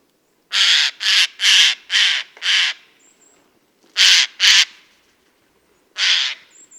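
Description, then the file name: Eurasian jay screeching in a fast run of five rasping calls, then a pair after a pause and one more near the end; faint thin whistles in the background. "Garrulus glandarius"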